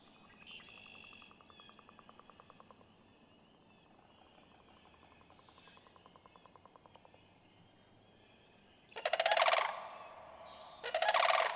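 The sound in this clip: Sandhill crane: a long soft pulsing rattle drifting for several seconds, then two loud rolling trumpeting bursts close together at the end.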